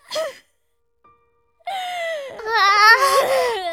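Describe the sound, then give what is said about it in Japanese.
A lost child crying for its mother gives a short sob, a pause, then a long rising wail that breaks into louder, shaky sobbing with high, wavering pitch. “泣いていたって何も解決しませんわよ”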